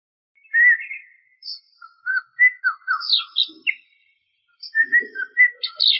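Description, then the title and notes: Greater green leafbird song of scattered varied whistles and slurred chirps, irregular and jumbled, with a couple of low soft notes underneath. Described as a champion songbird; chirping song. "Kicau Burung Cucak Ijo Juara. Suara kicauan burung cucak ijo"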